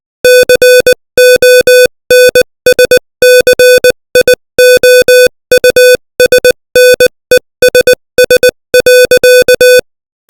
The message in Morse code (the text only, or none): CONSCIOUSNESS.